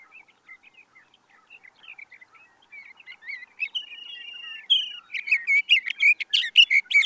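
Sage thrasher song beginning with quiet scattered notes, a long steady whistled note near the middle, then a burst of loud rapid warbling.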